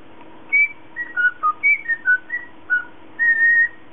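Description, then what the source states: Cockatiel piping a string of short, bright whistles that step down in pitch, then a longer held note near the end, against a soft low hum. Lutino colour variety cockatiel.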